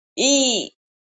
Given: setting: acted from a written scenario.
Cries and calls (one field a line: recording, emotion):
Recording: vocal sound without words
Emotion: anger